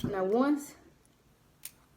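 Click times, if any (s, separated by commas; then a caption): 1.6 s. Someone talks as the plastic cap is put back onto a lancing device after the lancet is loaded. The talking fades, and a sharp snap comes at 1.7 s as the cap seats.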